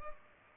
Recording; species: mosquito wingbeat signal from an infrared sensor; Culex pipiens